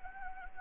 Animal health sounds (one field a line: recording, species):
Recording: mosquito wingbeat signal from an infrared sensor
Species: Anopheles gambiae